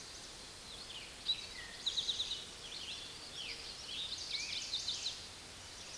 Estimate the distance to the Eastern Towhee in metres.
about 35 m